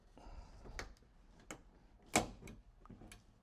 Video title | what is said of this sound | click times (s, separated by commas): Easy Maintenance Before Roadtrip & Towing in the Lexus... | right, everything snaps into place, which is good. | 0.8 s, 1.5 s, 2.2 s